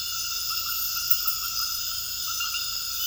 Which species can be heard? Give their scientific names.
none